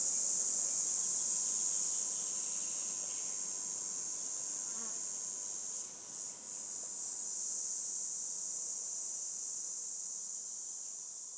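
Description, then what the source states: Red cicada holding a continuous, piercing high buzz, fading slightly toward the end. Recorded 22 June 2020 at 11:10 by a roadside between Luc and Châtillon-en-Diois, France, at the end of spring; full-power cymbalisation; recorded on Nagra LB with MKH20 omni mic.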